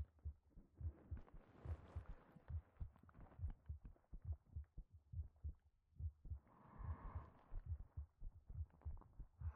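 Steady, regular heartbeat of dull low thumps at about 70 a minute, with soft breath-like hiss at times.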